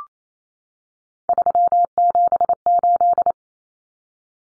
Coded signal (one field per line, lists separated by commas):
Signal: Morse code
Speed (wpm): 28 wpm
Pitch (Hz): 700 Hz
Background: none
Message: 378